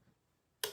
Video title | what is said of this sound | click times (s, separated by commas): Making it Monday - Vintage December Day 2 | And I can go all the way until I hear another click | 0.6 s